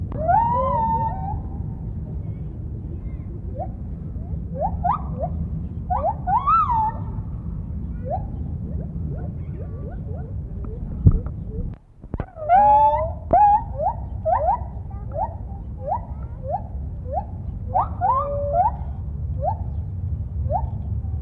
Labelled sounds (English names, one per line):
Lar Gibbon